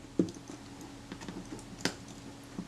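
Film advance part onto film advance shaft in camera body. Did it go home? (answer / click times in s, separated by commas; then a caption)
yes / 1.8 s. While a Retina IIc camera body is being reassembled, a film advance part that was not sitting square on the metal film advance shaft is worked by hand. Faint ticks and taps are heard, then a sharp click at 1.9 s as the part drops into place and seats on the shaft.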